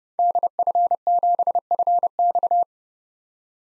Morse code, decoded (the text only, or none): DF7FX